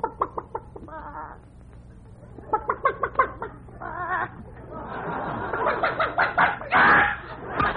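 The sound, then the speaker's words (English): A hen sitting on a nest clucks in short, repeated bursts, some quick and rhythmic, others drawn out, rising into a louder, busier stretch of excited clucking near the end. “look at the hen sitting on the nest.”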